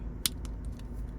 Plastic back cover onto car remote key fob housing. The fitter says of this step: Okay. Make a little clicky noise.